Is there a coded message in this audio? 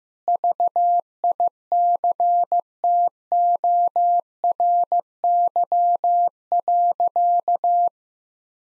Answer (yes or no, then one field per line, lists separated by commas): yes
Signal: Morse code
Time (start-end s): 0.3-7.9 s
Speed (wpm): 15 wpm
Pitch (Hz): 700 Hz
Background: none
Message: VICTORY.